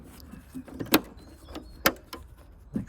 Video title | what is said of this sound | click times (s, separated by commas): VW Golf SV rear brake, reverse fog indicator side light bulbs removal and replacement | then you can refuse that back in there and make sure it locks into place | 1.9 s